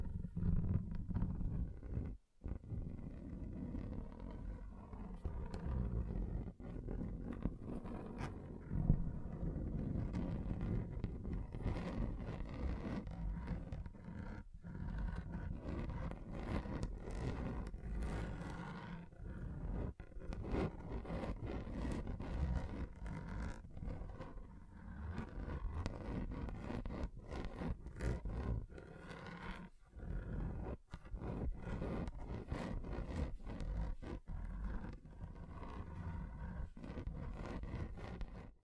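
Scratching on a table runs almost without pause for the whole stretch, a rough, low grinding scrape that keeps shifting in grain. Sharp little clicks and ticks break through often, and there is one brief gap near the two-second mark.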